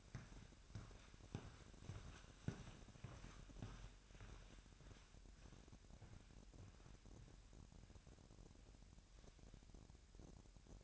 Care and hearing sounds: daily activity, microphone in the room; walk to room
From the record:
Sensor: 2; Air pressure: 1012.1 hPa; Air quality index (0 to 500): 154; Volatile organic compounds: 2 ppm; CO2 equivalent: 1116 ppm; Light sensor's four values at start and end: 81/192/79/77 and 83/197/81/79

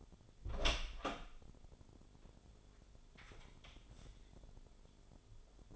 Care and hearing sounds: daily activity, microphone in the room; open door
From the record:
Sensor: 5

